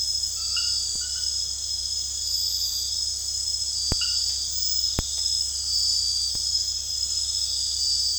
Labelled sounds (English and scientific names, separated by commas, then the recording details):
none
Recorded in dense forest near Puerto Asís, Putumayo, Colombia, on 18 February 2024 at 23:30
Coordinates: 0.485, -76.322
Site G6406